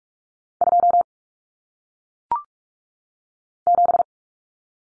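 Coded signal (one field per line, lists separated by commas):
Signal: Morse code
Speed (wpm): 46 wpm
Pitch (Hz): 700 Hz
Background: none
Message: 2 7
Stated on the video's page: Head-copy drill of common single-digit cut numbers at 45 wpm, with T, A, N for 0, 1, 9, each sent in Morse, spoken, then sent again.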